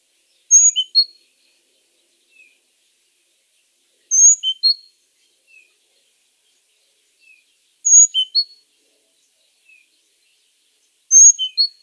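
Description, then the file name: Great tit calls: four short bursts of three or four high, thin notes falling in pitch, repeated roughly every three and a half seconds, with a few soft single notes between. "Parus major"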